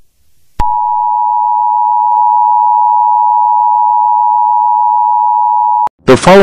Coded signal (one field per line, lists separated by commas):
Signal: Emergency Alert System (SAME) tones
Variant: 853 and 960 Hz attention tone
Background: speech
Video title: Mini EAS scenario The New Years Asteroid Drop